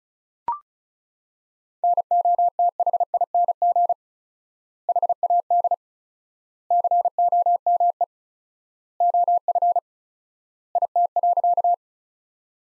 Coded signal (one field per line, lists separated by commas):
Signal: Morse code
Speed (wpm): 34 wpm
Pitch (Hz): 700 Hz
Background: none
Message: NOTHING HAD COME OF IT.